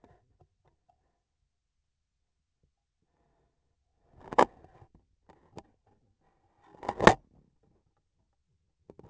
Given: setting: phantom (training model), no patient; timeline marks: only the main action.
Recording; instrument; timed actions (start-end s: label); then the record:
laparoscopic instrument, vibration sensor on the handle end; scissors
6.15-7.35 s: cutting thread
From the record:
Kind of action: gesture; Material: cotton thread